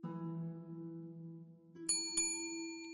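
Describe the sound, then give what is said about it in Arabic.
A low, steady humming tone gives way to a service bell struck twice in quick succession by Poirot to summon his servant, each bright metallic ding ringing on with a clear, lingering shimmer. “بعد مغادرة الطبيب قرع بوارو الجرس طالبا خادمه”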